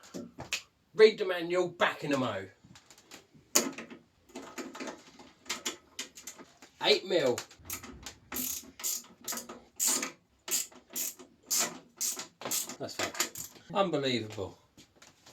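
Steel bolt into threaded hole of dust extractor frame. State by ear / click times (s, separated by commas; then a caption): stripped / none. A steel bolt, apparently 8 mm, is tightened with a ratchet into a threaded metal hole in the frame of an Axminster AW37E dust extractor during assembly, making a run of rapid ratchet clicks while someone talks. The metal thread strips completely and the bolt never tightens, so nothing has seated or clicked into place.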